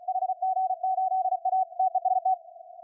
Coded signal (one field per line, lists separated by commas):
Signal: Morse code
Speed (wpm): 36 wpm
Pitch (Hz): 750 Hz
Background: none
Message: HG8A TEST